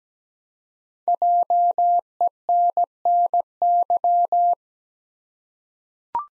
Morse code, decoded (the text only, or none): JENNY